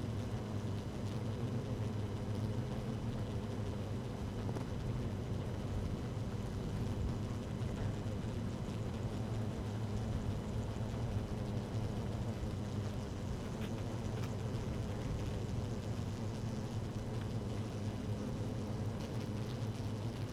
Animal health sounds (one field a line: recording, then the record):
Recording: honeybee colony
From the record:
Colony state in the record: active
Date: 12 June 2018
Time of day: 13:57